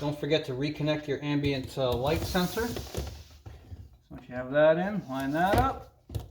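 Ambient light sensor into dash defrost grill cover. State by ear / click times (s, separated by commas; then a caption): not seated / none. Someone talks while an ambient light sensor, reconnected, is lined up in the dash defrost grill cover of a Corvette C8 to be pushed into its plastic mount. Faint handling knocks are heard near the end, but nothing has seated or clicked yet.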